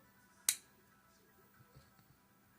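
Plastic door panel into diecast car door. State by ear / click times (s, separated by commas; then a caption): seated / 0.5 s. A plastic inner door panel is pushed back onto the metal door of a diecast model car. A single sharp, bright snap at 0.5 s seats the panel in place, followed by a few faint low taps against quiet background noise.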